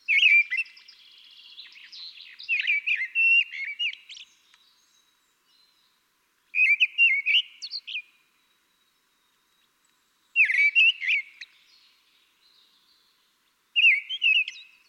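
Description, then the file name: Common blackbird song of repeated warbled flute-like phrases, each closing with scratchy high notes, delivered every three to four seconds. "Turdus merula"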